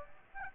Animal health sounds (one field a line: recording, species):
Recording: mosquito wingbeat signal from an infrared sensor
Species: Aedes aegypti